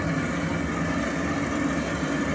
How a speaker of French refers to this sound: Je me souviens des bruits des moteurs, des bruits de la ville, de cette ruche trépidante qui bouffe nos vies.